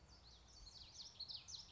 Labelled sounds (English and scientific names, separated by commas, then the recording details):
Common Yellowthroat (Geothlypis trichas)
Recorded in Sonoma County, California